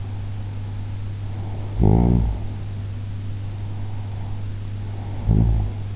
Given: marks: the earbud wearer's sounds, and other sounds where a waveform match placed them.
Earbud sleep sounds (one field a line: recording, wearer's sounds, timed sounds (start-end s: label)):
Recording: sounds in sleep by an in-ear microphone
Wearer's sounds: snoring breath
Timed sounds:
0.08-2.57 s: snoring breath
3.37-5.88 s: snoring breath